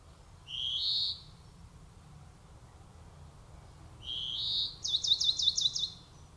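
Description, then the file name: European greenfinch: a drawn-out rising nasal wheeze, repeated after a pause and then followed by a quick rattling trill. "Chloris chloris"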